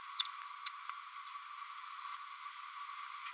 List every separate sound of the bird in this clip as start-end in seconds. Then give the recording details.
0.66-0.74, 0.77-0.86. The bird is a female. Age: 31 days. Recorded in a nest box in Venezuela. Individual 17B102A5